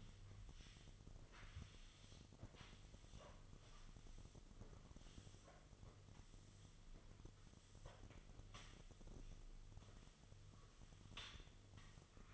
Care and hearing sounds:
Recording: daily activity, microphone in the room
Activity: sweep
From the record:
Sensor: 4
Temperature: 26.3 degrees Celsius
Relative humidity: 32.1%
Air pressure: 1005.6 hPa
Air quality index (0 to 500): 110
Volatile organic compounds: 3 ppm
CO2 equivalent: 1367 ppm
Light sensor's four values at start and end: 13/29/11/11 and 13/29/11/11

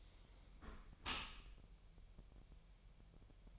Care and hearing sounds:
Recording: daily activity, microphone in the room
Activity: close dishwasher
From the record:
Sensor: 1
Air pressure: 1000.6 hPa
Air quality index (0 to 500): 247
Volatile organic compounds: 141 ppm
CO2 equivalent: 3983 ppm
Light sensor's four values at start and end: 11/28/11/12 and 11/28/11/12

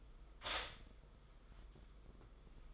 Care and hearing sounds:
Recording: daily activity, microphone in the room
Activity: stop toaster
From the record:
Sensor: 5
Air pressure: 990.8 hPa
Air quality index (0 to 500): 146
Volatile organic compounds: 133 ppm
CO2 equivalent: 3945 ppm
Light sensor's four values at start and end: 40/123/47/50 and 40/123/47/50

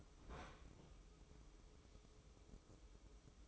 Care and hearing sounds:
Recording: daily activity, microphone in the room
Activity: open fridge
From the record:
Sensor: 1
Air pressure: 995.3 hPa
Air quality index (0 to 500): 25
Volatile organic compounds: 0 ppm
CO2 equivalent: 500 ppm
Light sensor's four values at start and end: 19/62/23/25 and 19/62/23/25

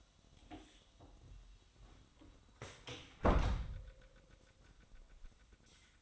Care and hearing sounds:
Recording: daily activity, microphone in the room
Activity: close door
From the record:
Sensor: 3

